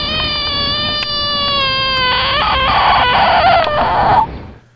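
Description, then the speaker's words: Bullfrog giving a distress call: a sustained pure-toned scream, slightly falling, that becomes ragged and noisy in its second half before cutting off. Bullfrog feeling threatened. "That was a bullfrog feeling threatened."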